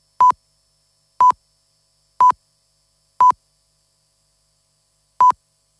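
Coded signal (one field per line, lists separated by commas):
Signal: radio time signal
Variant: Rai Segnale Orario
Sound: four short 1 kHz beeps a second apart, a silent second, then one more beep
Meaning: The last pip after the skipped second marks the top of the hour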